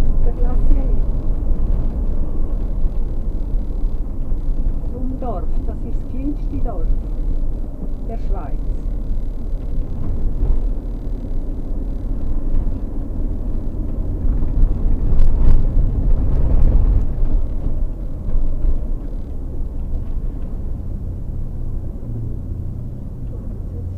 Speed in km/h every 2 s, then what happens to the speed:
42, 37, 33, 31, 29, 29, 33, 35, 33, 31, 24, 0.
0-7 slows to 29. 14-22 brakes to 0.